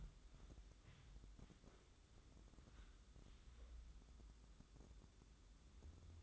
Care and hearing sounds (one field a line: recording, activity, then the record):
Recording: daily activity, microphone in the room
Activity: wipe stove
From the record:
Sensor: 3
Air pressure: 996.1 hPa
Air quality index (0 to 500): 92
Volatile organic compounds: 11 ppm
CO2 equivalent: 2282 ppm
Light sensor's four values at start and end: 26/82/34/29 and 27/82/34/29